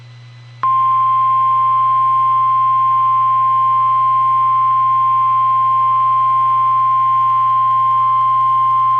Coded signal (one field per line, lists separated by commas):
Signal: Emergency Alert System (SAME) tones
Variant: 1050 Hz attention tone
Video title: EAS ST WARNING